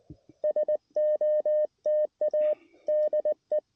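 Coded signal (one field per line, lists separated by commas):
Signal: Morse code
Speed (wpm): 20 wpm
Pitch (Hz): 610 Hz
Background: none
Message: SOTA DE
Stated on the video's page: First CW SOTA activation from a summit, made on a backup rig after forgetting the main rig's battery.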